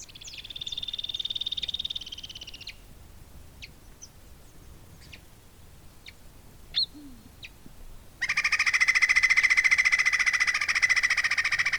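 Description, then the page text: Andean flicker calls: a higher rapid series of ringing notes at the start, scattered faint bird chirps, then a loud fast series of lower notes near the end. "Joseph Tobias and Nathalie Seddon - Андский шилоклювый дятел (Colaptes rupicola)"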